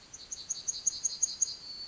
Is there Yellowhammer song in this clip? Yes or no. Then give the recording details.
yes. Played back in forest. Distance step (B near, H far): E. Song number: 137